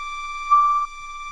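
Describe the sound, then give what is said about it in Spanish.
A steady electronic siren tone holds at one mid-high pitch, swelling louder for a short burst in the middle before settling back to a constant drone, with no voices. The siren marks the end of the outdoor period for grandparents. “Bueno, esta sirena va para las abuelas y los abuelos.”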